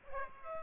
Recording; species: mosquito wingbeat signal from an infrared sensor; Aedes aegypti